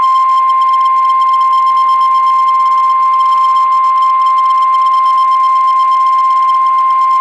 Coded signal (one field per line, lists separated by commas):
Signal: Emergency Alert System (SAME) tones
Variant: 1050 Hz attention tone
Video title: Tornado Watch #65 on KIH54 (EAS #146)